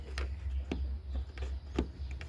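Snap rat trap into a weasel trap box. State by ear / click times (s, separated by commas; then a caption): not seated / none. A plastic snap-type rat trap is being slid into a trap box set for weasels, where it should lock in place. Several short knocks and taps are heard over a low background hum. The trap has not locked or seated yet.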